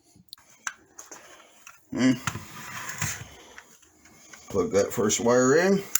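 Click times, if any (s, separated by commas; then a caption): none. The first camera wire terminal is handled at the connector housing of a Jeep's backup camera, with a few faint sharp ticks in the first second. Someone talks over the handling. Nothing has seated or clicked into place yet.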